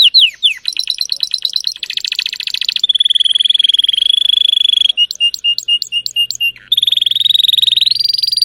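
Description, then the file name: Canary (Spanish Timbrado): canary song: descending swoops lead into rapid trills, a long even tone, a set of evenly spaced chiming notes, then another rolling trill. Song of a Spanish Timbrado canary, called 'canário belga' in the Portuguese source. "canto do canario belga timbrado espanhol"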